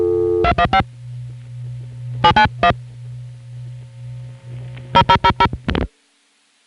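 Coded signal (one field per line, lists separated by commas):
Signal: DTMF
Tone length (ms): 70 ms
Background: music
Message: 215 791 0000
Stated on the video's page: Long-distance calls to centralized intercept, recorded February 1977 and June 1976.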